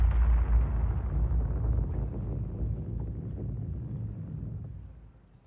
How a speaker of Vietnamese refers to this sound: Chưa kịp chạy, cái thùng gỗ đã rơi xuống đất, rồi một tiếng nổ long trời lần nữa vang lên.